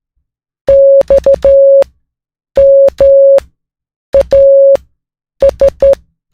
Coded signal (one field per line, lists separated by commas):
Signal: Morse code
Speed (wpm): 13 wpm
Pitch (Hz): 550 Hz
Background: music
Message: XMAS